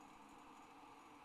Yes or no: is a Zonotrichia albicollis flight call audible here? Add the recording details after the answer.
no. No flight call is heard. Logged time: 23:58 on 29 November 2014